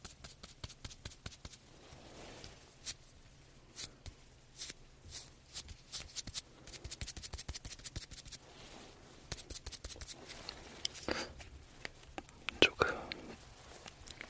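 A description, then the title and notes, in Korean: Dry tapping and patting of a soft puff, in quick irregular bursts of crisp clicks and light crackles that come and go throughout. A few louder pats land near the twelve-second mark, over a faint low steady hum. 팅글 덩어리 퍼프 소리.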